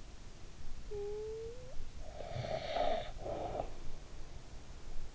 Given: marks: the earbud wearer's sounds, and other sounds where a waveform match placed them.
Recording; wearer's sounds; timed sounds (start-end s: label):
sounds in sleep by an in-ear microphone; snoring breath
0.59-4.20 s: snoring breath